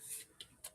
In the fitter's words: Rotate this so that pops into place.